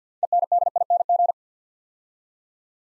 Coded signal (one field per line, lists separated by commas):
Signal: Morse code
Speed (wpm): 50 wpm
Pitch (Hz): 700 Hz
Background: none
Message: ENDING